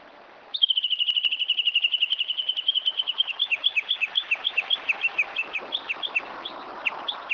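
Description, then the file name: Japanese bush warbler: a fast run of short notes on one pitch, then the notes slowly become separate, uneven and dipping. "uguisu"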